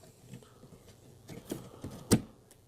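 A second RAM memory module is pushed into the next DIMM slot up on a motherboard in a Ryzen 7 2700X computer build. A few soft scrapes and taps are followed by a sharp click at 2.1 seconds as the module seats, then a faint tap. No one speaks.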